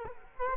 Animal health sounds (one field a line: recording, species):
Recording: mosquito wingbeat signal from an infrared sensor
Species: Culex quinquefasciatus